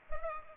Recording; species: mosquito wingbeat signal from an infrared sensor; Culex pipiens